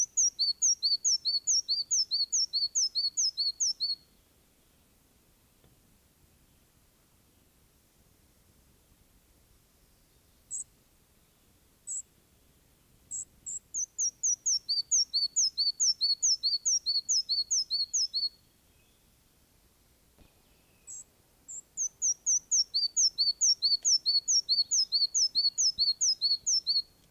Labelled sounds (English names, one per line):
Red-breasted Flycatcher song